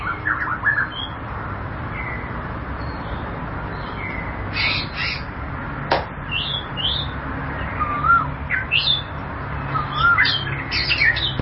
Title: Kicau Murai Batu